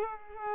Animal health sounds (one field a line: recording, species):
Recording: mosquito wingbeat signal from an infrared sensor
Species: Culex pipiens